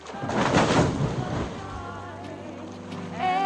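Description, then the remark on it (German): A Porsche car hits water with a loud, heavy splash that churns for about a second, then settles into a steadier low rumble with faint wavering tones. No voices. “Der Porsche klatscht ins Wasser.”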